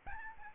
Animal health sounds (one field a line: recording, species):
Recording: mosquito wingbeat signal from an infrared sensor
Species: Aedes albopictus